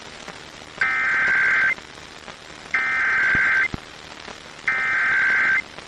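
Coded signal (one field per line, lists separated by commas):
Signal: Emergency Alert System (SAME) tones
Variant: header bursts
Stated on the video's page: Weekly and monthly EAS tests received on a Kaito KA110 radio.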